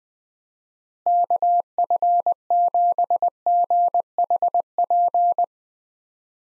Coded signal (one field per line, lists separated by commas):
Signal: Morse code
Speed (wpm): 21 wpm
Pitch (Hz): 700 Hz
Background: none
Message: KF7GHP